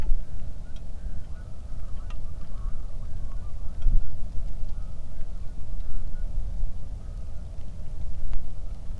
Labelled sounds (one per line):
waterfowl
wind
rain